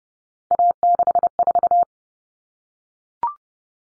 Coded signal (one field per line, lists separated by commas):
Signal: Morse code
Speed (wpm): 30 wpm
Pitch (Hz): 700 Hz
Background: none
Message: A64